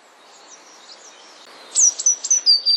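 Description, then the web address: Eurasian blue tit call: faint high notes, then a burst of very high, thin, sharp notes in quick succession. "wroblowe teka modraszkoteka"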